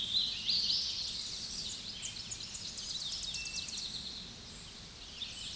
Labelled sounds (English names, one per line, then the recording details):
Tennessee Warbler song
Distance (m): 25 m
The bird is about level with the microphone
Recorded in a Pennsylvania forest on 16 May 2024 at 07:51
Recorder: AudioMoth, point MSD-0661
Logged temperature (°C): 15.8 °C
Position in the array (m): 68 m, 91 m